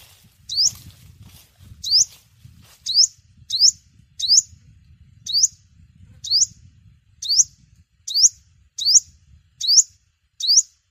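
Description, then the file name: Sunbird calls: a steady series of high, upward-sweeping chirps about once a second. "tieng-hut-mat-5-mau-liu"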